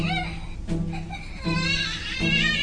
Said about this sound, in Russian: Женщина зашла в квартиру, оттуда послышался детский плач.